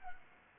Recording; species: mosquito wingbeat signal from an infrared sensor; Culex pipiens